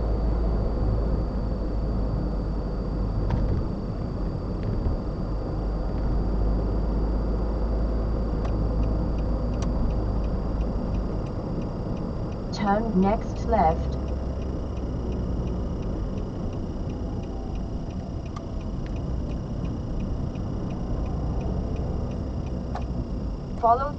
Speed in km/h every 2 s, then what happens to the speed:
53, 53, 56, 58, 55, 53, 48, 39, 29, 29, 29, 11.
0-6 steady at about 53. 6-16 slows to 29. 20-24 brakes to 11.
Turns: 15-19.